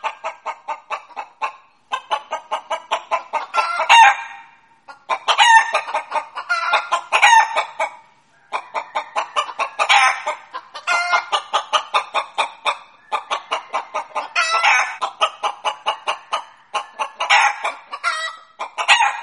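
A chicken calls continuously in rapid rhythmic clucks that rise into louder squawking bursts every couple of seconds, around 4, 7, 10, 15 and 18 seconds. The sound is bright and nasal, with brief pauses between runs and no other background noise.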